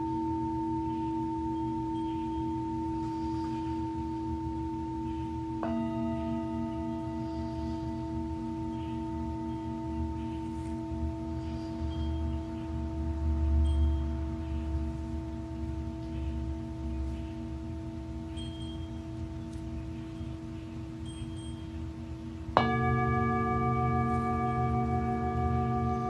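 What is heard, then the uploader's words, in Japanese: Singing bowls ring in long, steady sustained tones over a low humming drone. A new bowl is struck near 6 seconds, adding higher ringing tones, and another sharper strike at about 23 seconds brings a brighter, louder layer that keeps sounding to the end. 真夜中のシンギングボウルのサウンドヒーリング。チベタンシンギングボウルボウル。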